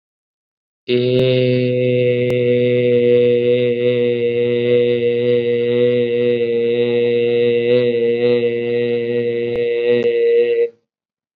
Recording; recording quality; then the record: sustained vowel as in made; excellent, no background noise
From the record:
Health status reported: COVID-19 positive, mild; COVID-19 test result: positive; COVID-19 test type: rapid antigen test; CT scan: not taken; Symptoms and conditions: fever, fatigue, muscle pain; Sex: male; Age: 18 years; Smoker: no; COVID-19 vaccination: none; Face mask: worn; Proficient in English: yes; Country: India